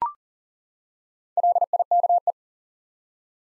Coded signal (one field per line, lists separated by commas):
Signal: Morse code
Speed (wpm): 40 wpm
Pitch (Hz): 700 Hz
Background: none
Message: LIKE